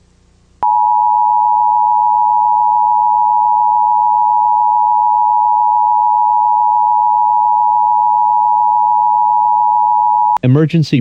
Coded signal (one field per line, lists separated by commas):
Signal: Emergency Alert System (SAME) tones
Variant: 853 and 960 Hz attention tone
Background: speech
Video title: EAS Scenario [Philippines]